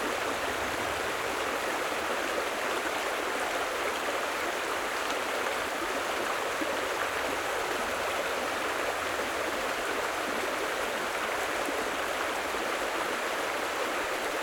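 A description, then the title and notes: A stream rushes in a steady, dense wash of water noise, unchanging, with bright hiss over a softer low rumble. The Stream in the Background. Water and nature sounds.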